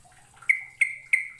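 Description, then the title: Bird calls: three crisp, sharp whistled notes with trailing tones, spaced roughly a third of a second apart, over a faint low hum. "Kicau Burung"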